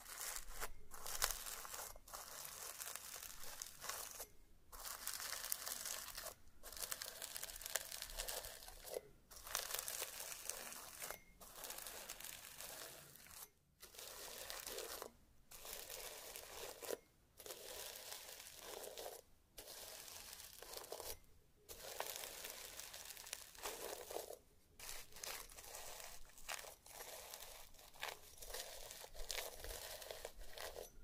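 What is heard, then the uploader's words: Crinkly, squishing slime sounds play in dense bursts, bright and crackling, broken by brief silent gaps every one to three seconds. Some various mixed sounds.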